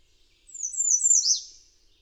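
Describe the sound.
Bird singing one high, thin, descending phrase with a brief buzzy twist near the end, over an otherwise silent background.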